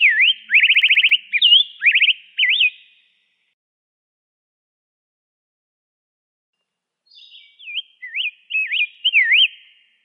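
Rose-breasted grosbeak song: two bursts of sweet, warbled whistled phrases, the first opening with a fast rattling trill, separated by about four seconds of silence.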